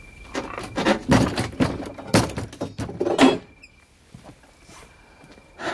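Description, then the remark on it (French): A door is handled and pulled shut, making a run of irregular scraping and clattering knocks over about three seconds, then quiet with a faint steady whine underneath. “N'oublie pas de refermer.”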